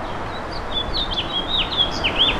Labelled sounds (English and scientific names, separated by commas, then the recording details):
House Finch (Haemorhous mexicanus) song
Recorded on Long Island, New York, on 8 May 2012
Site VS
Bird D